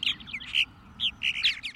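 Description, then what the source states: Purple Martin calls: bursts of gurgling, chirping notes, some rising and some falling. A kind of swallow that nests in gourds and nest boxes.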